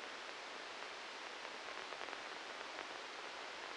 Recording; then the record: brain microelectrode recording played as sound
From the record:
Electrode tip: inside the subthalamic nucleus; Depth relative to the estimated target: 0 mm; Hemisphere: left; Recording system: NeuroSet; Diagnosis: Parkinson's disease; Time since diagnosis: 13 years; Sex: male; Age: 63 years